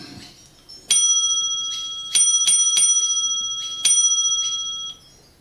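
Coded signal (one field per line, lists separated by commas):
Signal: bell signal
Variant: railway block bell code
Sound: bell rings once, pause, three quick rings, pause, one ring, each ringing on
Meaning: Offering a parcels train to the next signal box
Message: 1-3-1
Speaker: the Bell code 131 is that of the signman offering the parel's train further up the line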